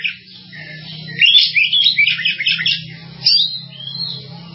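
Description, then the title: Java sparrow song in a rapid, jumbled stream of bright chirps and trills, followed by sliding whistled notes, over a faint hum. "kicau gelatik"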